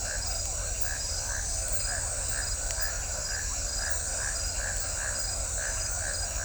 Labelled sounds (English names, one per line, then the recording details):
none
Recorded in shrubland near Pivijay, Magdalena, Colombia, on 1 June 2023 at 20:30
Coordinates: 10.453, -74.365
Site P5-G022